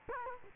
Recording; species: mosquito wingbeat signal from an infrared sensor; Culex quinquefasciatus